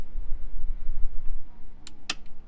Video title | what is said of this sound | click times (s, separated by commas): Airstream Door Alignment by NoLOX Solutions & Modifications - no more slamming our Airstream door | there you go that's your first click | 2.1 s